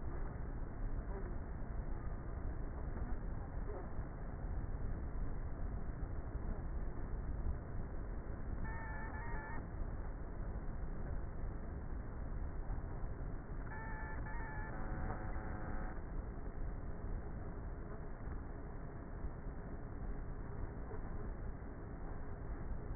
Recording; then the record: honeybee colony, microphone inside the hive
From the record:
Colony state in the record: queenless with a low population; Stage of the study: before two queens were removed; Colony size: about 30,000 bees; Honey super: no